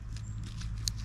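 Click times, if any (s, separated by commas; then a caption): none. A hammock suspension buckle is turned and handled against the tree strap so it can pass through the strap loop and lock in place. Soft rustling and patter are heard, then sharp short ticks near 0.9 and 1.1 seconds. Nothing has seated or locked yet.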